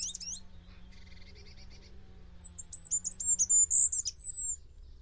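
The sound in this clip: Bird song: a sharp chirp, then a soft buzzy rattle, then a long, very high, fast twittering run, over a low hum.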